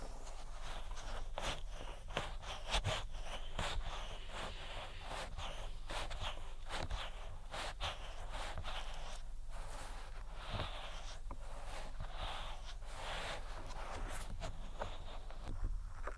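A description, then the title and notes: Ear attention sounds: a dense, continuous run of quick rubbing and tapping strokes, several per second, each a short crisp scratchy burst, some brighter and sharper than others. The pace stays steady throughout, over a constant low hum. ASMR INTENSE Ear Attention Triggers (Tapping, Rubbing, Cupping, Lotion, Latex).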